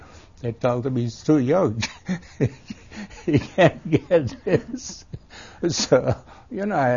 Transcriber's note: he laughs